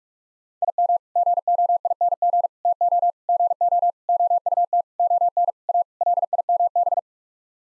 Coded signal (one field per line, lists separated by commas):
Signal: Morse code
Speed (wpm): 46 wpm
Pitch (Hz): 700 Hz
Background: none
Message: IM GOING TO GO OUT ON A LIMB